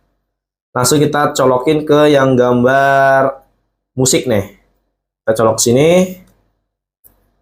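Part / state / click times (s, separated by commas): wireless remote receiver plug into camera port / not seated / none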